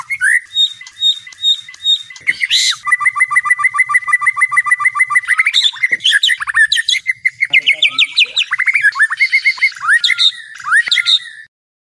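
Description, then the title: White-rumped shama song: a rich run of whistled and buzzy phrases, opening with repeated chirps, then a long rapid trill and rising, sliding notes. Training recording for cage birds. "MURAI BATU LABAIK"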